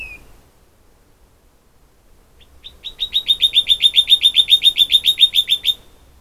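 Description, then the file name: Common nightingale singing a single loud phrase: a few soft lead-in notes build into a long, regular volley of sharp repeated chirps lasting about three seconds. "Luscinia megarhynchos"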